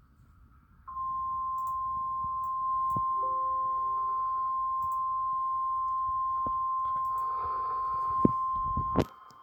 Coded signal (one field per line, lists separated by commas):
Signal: Emergency Alert System (SAME) tones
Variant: 1050 Hz attention tone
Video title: EAS#246 Severe Thunderstorm Warning on WXM49 in Marion, IL (02/22/2023).